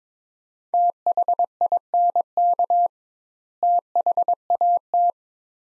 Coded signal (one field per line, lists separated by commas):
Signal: Morse code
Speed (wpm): 21 wpm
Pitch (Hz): 700 Hz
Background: none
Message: THINK THAT